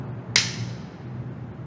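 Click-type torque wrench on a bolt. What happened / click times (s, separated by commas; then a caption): The torque wrench clicked again at its set torque / 0.4 s. A click-type torque wrench is used to re-tighten a bolt after it has been backed off slightly. It snaps with a sharp click at about 0.4 s, confirming the bolt has reached the preset torque setting again, over a low steady hum.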